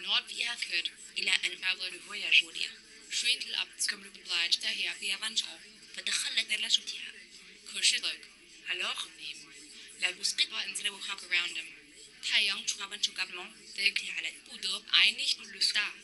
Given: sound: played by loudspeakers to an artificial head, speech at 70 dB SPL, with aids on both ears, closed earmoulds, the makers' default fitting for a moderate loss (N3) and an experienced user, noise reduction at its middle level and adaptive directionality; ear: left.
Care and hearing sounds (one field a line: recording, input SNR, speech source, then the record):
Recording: speech test signal (ISTS) in cocktail-party noise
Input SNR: +3 dB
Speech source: in front (0 degrees)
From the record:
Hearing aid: class 2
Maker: J